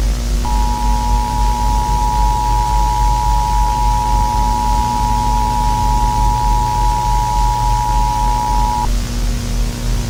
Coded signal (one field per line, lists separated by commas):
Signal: Emergency Alert System (SAME) tones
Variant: 853 and 960 Hz attention tone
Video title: EAs scenario: do not look